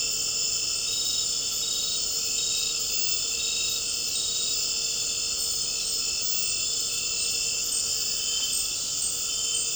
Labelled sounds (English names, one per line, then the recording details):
none
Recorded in dense forest near Puerto Asís, Putumayo, Colombia, on 9 March 2025 at 19:30
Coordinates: 0.467, -76.328
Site G041